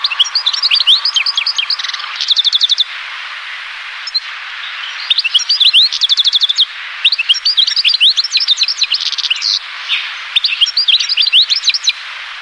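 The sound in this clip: European goldfinch twittering in rapid bursts of high, tinkling, buzzy notes, several seconds long, broken by short pauses; some quick rattling trills; no other clear sounds.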